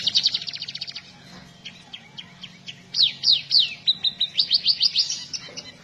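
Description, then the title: Red-throated parrotfinch calls: quick bursts of high, sharp chirps, some sweeping downward, repeated rapidly over a faint constant low hum. "Erythrura Psittacea"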